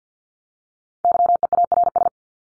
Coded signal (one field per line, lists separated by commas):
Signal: Morse code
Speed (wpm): 48 wpm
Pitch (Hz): 700 Hz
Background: none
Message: YEARS